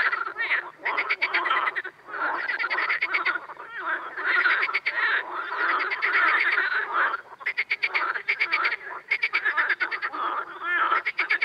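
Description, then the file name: Amphibian chorus of crackling, pulsed croaks in uneven waves, some sharp rattles standing out above the steady background of callers. Ambience. "AMBAmphibiens"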